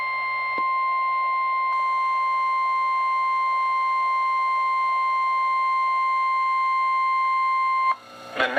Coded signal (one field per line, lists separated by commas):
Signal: Emergency Alert System (SAME) tones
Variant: 1050 Hz attention tone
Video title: EAS #188-#196: Small Event and a Random RMT | KHB36 & WINC